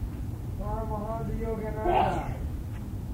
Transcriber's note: shouts